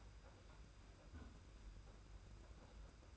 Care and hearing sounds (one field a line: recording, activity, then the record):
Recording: daily activity, microphone in the room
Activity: close fridge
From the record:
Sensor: 2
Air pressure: 991.7 hPa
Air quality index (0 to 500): 222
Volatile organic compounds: 1000 ppm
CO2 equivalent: 7393 ppm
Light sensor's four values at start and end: 26/81/31/29 and 26/81/31/29